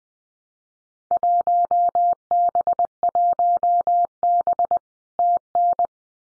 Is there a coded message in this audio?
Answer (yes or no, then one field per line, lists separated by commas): yes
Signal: Morse code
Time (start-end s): 1.1-5.9 s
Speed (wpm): 20 wpm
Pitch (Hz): 700 Hz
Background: none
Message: 1B1B TN